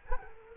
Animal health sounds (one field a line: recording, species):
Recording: mosquito wingbeat signal from an infrared sensor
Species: Culex quinquefasciatus